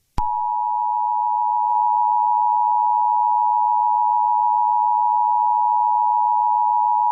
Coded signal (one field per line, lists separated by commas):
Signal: Emergency Alert System (SAME) tones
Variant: 853 and 960 Hz attention tone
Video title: EAS Scenario #2: Not A Natural Disaster